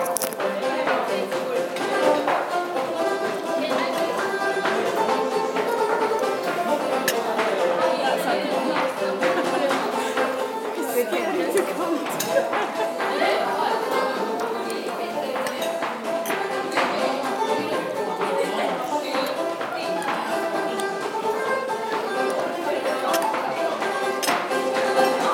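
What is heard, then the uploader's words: Strolling the streets of Quebec City, a steady wash of many overlapping voices and chatter fills the whole recording without letup. Frequent sharp clinks and small knocks pop out of the crowd noise every second or so, and there is no deep rumble underneath. A random stroll through the streets of Quebec City.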